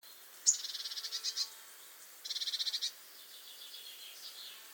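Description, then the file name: Eurasian blue tit churring call: two rapid, buzzy, high-pitched rattles about a second apart, the first starting with a sharp note, then faint softer chatter. "Cyanistes caeruleus"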